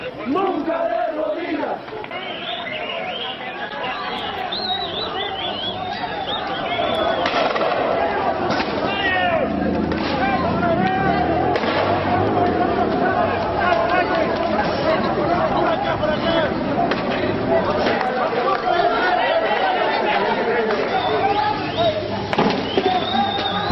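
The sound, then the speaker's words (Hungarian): A dense crowd roars and shouts continuously while sharp explosive bangs from thrown dynamite, not Molotov cocktails, burst out at irregular intervals, cutting briefly through the steady din of voices. “És itt hallhatjuk a robbanásokat, itt nem Molotov koktélok, hanem dinamitokat dobáltak”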